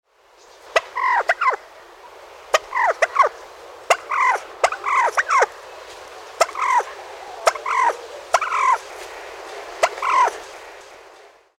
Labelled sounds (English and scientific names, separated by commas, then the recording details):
Wild Turkey (Meleagris gallopavo)
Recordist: Tembrock, Günter
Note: Wildform: Lautfolgen eines Hahnes